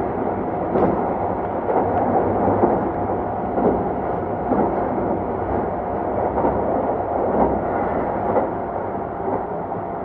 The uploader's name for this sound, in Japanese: 京急2100形 横浜〜三崎口